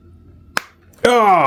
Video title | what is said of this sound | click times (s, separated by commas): Dahonpa Rock Guitar Teddy Bear | and there's that satisfying click. | 0.6 s